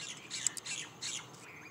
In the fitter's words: locks in place